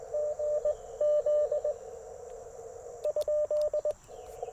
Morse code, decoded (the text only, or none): GZ?